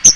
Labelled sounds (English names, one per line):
Chestnut-sided Warbler flight call